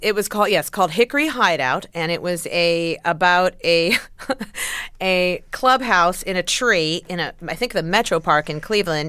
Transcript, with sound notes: It was called - yes - called "Hickory Hideout." And it was a - about a - (laughter) a clubhouse in a tree in, I think, the Metropark in Cleveland.